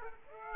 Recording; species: mosquito wingbeat signal from an infrared sensor; Aedes aegypti